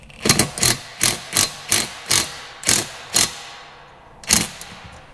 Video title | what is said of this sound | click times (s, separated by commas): Fixing my First Sprayer! | well that one's also stripped out | 0.3 s, 0.4 s, 0.6 s, 1.1 s, 2.7 s, 4.3 s